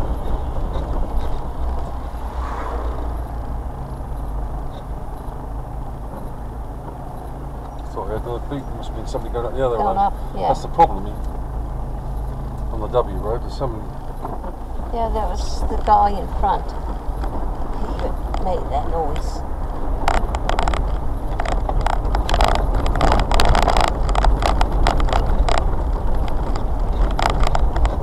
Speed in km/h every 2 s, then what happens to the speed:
15, 10, 5, 6, 6, 5, 6, 15, 19, 23, 26, 26, 26, 24.
0-4 slows to 5. 4-11 steady at about 5. 11-20 speeds up to 26. 20-28 steady at about 26.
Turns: none.